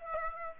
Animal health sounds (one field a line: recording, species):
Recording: mosquito wingbeat signal from an infrared sensor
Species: Aedes aegypti